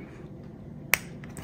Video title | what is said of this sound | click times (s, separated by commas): Installing Shimano DuraAce ST-R9180 brake shifters on the Tririg Alpha basebar | okay nice click and now I can actually | 0.9 s